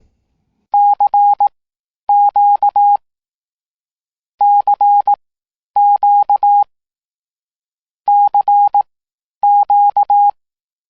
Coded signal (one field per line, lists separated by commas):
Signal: Morse code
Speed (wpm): 18 wpm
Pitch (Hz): 820 Hz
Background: none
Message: CQ CQ CQ